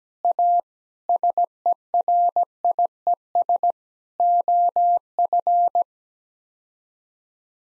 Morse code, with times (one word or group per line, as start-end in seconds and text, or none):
0.2-0.6 A
1.1-3.7 SERIES
4.2-5.8 OF